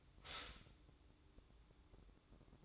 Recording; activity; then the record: daily activity, microphone in the room; stop toaster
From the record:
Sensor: 3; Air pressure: 1007.2 hPa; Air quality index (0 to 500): 56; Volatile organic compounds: 1 ppm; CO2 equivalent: 598 ppm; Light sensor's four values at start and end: 8/17/7/7 and 7/17/7/7